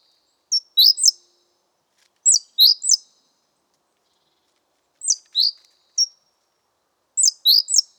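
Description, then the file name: Great tit giving short high calls, pairs and triplets of falling notes with an occasional single thin note, repeated every couple of seconds. "Parus major"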